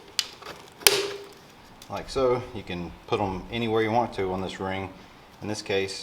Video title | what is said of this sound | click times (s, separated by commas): Road Trip Installing Audio Wiring, Sleeping Overnight In 12X14 Canvas Tent | it's these brackets here that snap into place like so. | 0.2 s, 0.9 s